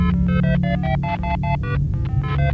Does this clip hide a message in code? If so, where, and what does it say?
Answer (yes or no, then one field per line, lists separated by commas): no